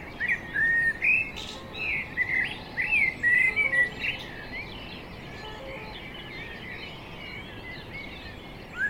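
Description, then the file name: Common blackbird song, fluted whistled phrases sliding up and down during the first half, then softer twittering and a lone note at the end. "Turdus merula"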